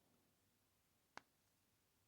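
A plastic backing washer is pushed onto the post of a plastic safety eye through a crocheted amigurumi toy until it snaps down over the ridges. Against a quiet background, one short, sharp click lands at 1.2 s. The washer is seated.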